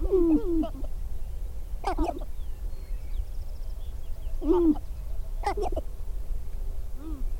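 Sharp-tailed grouse with low hooting coos alternating with bursts of cackling, against a low steady background rumble.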